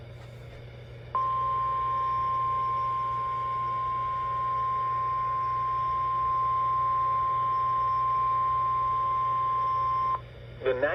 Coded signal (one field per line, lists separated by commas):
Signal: Emergency Alert System (SAME) tones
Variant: 1050 Hz attention tone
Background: speech